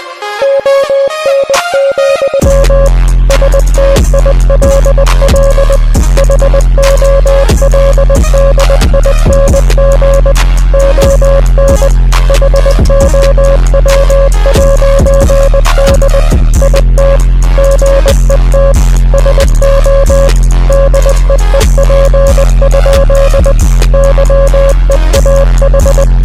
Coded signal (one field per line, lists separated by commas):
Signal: Morse code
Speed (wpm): 20 wpm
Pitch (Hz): 550 Hz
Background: music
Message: ON, STILL HOLDING ON HOW'D IT GET SO DEEP? YEAH